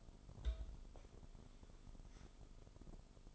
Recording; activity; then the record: daily activity, microphone in the room; take from stove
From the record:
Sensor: 5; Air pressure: 988.4 hPa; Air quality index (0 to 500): 205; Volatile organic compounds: 85 ppm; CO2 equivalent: 3647 ppm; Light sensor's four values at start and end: 47/140/55/60 and 47/139/55/59